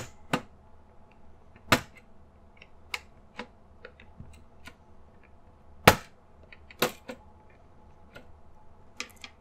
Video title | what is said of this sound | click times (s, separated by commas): Thinkpad X1 Extreme Gen 2 - Disassembly and Repair | I'm just going to pry along the back edge here lifting all along the way you'll hear it snap but that's just the snaps coming undone from from the backing | 0.3 s, 1.7 s, 2.9 s, 5.9 s, 6.8 s, 9.0 s